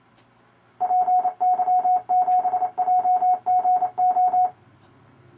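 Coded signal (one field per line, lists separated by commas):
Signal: Morse code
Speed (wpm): 28 wpm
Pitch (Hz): 730 Hz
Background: none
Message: PY7JGO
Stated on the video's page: RufzXP program sending amateur callsigns in Morse for copying practice, aimed at CW contesting.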